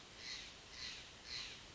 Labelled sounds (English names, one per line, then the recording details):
Steller's Jay
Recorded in Sonoma County, California